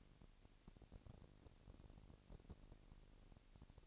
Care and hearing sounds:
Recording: daily activity, microphone in the room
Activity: no activity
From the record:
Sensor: 4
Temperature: 22.4 degrees Celsius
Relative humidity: 31.9%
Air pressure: 997.9 hPa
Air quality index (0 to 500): 203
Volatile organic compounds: 17 ppm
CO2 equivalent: 2572 ppm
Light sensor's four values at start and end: 2/3/1/1 and 2/3/1/1

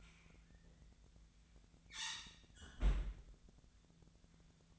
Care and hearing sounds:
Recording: daily activity, microphone in the room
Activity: close fridge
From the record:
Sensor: 3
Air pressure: 1009.6 hPa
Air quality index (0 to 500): 194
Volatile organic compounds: 15 ppm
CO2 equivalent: 2521 ppm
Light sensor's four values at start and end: 37/92/39/42 and 37/92/39/42

